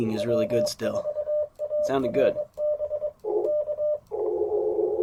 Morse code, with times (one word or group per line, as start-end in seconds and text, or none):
0.2-3.1 W4ARB
3.5-4.0 K